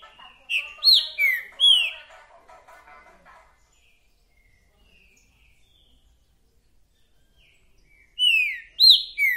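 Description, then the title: Green-winged saltator song: several loud falling whistles with a chattering burst, a quiet pause, then another run of loud sweeping whistles. Calling, singing and acting male ('macheando') in a territorial dispute; a repeater giving one song after another; 'mercenário' song type; meant to warm up the listener's own trinca-ferro. "Esse É PERFEITO Para ESQUENTAR Seu TRINCA Piando, Cantando E Macheando Na DISPUTA. 🔥TRINCA FERRO REPETIDOR !! UM CANTO ATRÁS DO OUTRO!!! TRINCA FERRO MERCENARIO!"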